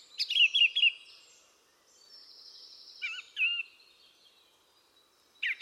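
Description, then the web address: Bird calls: short wavering chirps at the start, a thin sustained high whistle, then a few brief slurred notes and a final sharp chirp. "cianscape birddata Deverinetal 2025. Bird Only"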